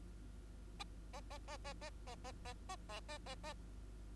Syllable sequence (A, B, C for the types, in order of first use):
A A A A A A A A A A A A A A